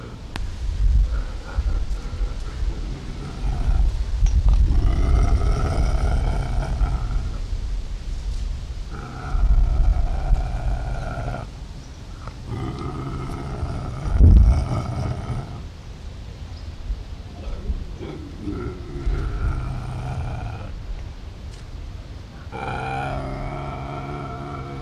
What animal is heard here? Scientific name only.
Lynx lynx